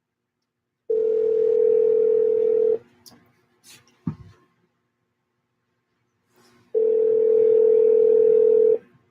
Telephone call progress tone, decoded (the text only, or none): ringback tone